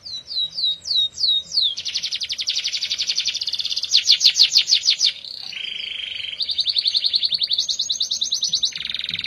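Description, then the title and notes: Atlantic canary song: a few quick downslurred whistles leading into long rolling trills that jump between pitches, some fast and buzzy, others smoother. F1 canary; therapy recording meant for a canary that has stopped singing. "TERAPI KENARI MACET. Kenari F1"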